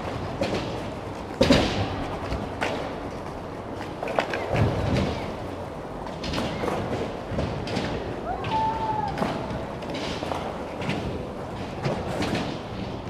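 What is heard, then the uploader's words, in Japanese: Skateboarders practice at a skate spot, wheels rumbling steadily underneath. Hard board thuds and slaps land every second or two, the loudest just after the start, with a short high squeak near the middle and faint voices and clatter in the background. スケボーを練習する音。スケボー練習場の様子を録ってみました。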